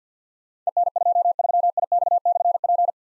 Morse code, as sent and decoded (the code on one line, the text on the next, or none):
. -. ..--- ...-- .. -..- -..-. .--.
EN23IX/P